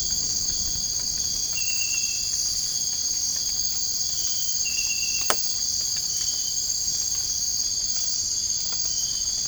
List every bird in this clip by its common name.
none